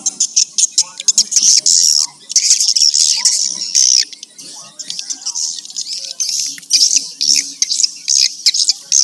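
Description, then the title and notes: Swiftlet chirping calls, high buzzy chirps in quick clusters separated by short pauses, over faint low background sounds. Used for swiftlet farming in Asia. "Swiflet Bird Sound. Farming Swiflet Bird asia sound"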